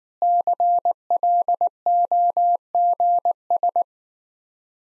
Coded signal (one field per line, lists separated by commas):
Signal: Morse code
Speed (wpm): 19 wpm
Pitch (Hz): 700 Hz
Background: none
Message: CLOGS